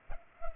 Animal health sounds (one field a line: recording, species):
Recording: mosquito wingbeat signal from an infrared sensor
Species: Culex pipiens